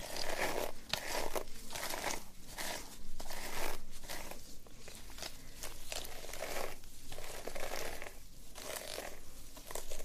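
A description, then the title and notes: Hair brushing and scalp play, a steady run of soft bristly strokes and scratchy rustles with crinkly, crunching texture. Strokes come about every half second to second, each a bright swish, with faint low thumps beneath and no pauses. Hair & Scalp Analysis, Hair Brushing, Scalp Massage, Oil Treatment.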